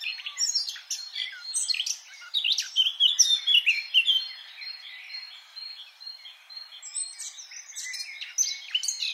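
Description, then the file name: Eurasian blackcap warbling song, dense bursts of chirps and whistles in the first half, thinner scattered notes later with soft background noise. "Sylvia atricapilla"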